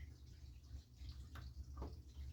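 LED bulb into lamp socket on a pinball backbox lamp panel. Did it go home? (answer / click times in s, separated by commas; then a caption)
partly / 1.4 s, 1.8 s. An LED bulb is pushed into a lamp socket on a pinball backbox lamp panel, and two small hits sound at 1.4 s and 1.8 s over a low steady hum. The bulb goes in partway but does not click fully into place.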